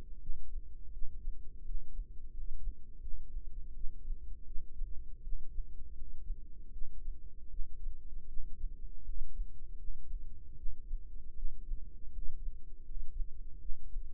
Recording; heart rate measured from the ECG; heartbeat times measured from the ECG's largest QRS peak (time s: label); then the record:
heart sounds by microphone in the right ear; 81 bpm
0.17 s: heartbeat
0.90 s: heartbeat
1.62 s: heartbeat
2.30 s: heartbeat
2.98 s: heartbeat
3.71 s: heartbeat
4.43 s: heartbeat
5.20 s: heartbeat
5.92 s: heartbeat
6.69 s: heartbeat
7.47 s: heartbeat
8.25 s: heartbeat
9.01 s: heartbeat
9.75 s: heartbeat
10.54 s: heartbeat
11.33 s: heartbeat
12.09 s: heartbeat
12.82 s: heartbeat
13.57 s: heartbeat
From the record:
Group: healthy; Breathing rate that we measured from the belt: 18 breaths a minute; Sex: female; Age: 26 years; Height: 165 cm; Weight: 55 kg